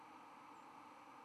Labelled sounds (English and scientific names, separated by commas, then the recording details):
White-throated Sparrow (Zonotrichia albicollis) flight call
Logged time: 01:11 on 11 November 2014